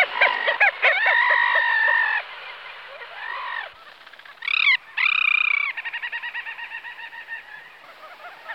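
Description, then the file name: Little auk calls, harsh drawn-out nasal notes mixed with quick chattering, then a steady run of short rhythmic notes fading toward the end. "alkoun-malý"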